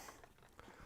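A latch on a travel cigar humidor case, one of two latches that hold tight, is worked open by hand. Faint handling noises lead up to a sharp click at 0.6 s as the case latch clicks open and releases.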